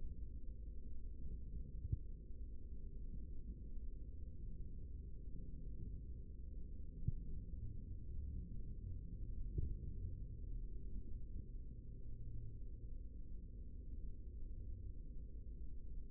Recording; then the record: forearm muscle sounds (acoustic myography)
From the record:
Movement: rest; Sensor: system 3, bracelet of six PUI Audio POM-2738L microphones around the upper forearm, with dedicated amplification and filtering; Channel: 5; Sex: male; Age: 55 years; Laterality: right